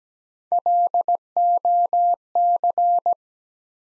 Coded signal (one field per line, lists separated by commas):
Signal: Morse code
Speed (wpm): 17 wpm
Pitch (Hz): 700 Hz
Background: none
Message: LOC